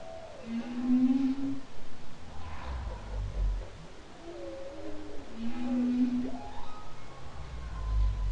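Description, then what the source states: Humpback whale song with a low steady moan repeated about every five seconds, interleaved with higher wavering cries and grunts, against a deep underwater rumble. Song, October 2012.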